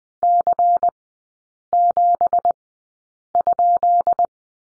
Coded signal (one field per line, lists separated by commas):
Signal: Morse code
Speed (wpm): 19 wpm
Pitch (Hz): 700 Hz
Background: none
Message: C7?